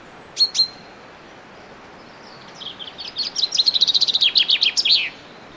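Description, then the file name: Common chaffinch song: two sharp notes, then a trill of many bright notes ending in a quick flourish. "Fringilla coelebs"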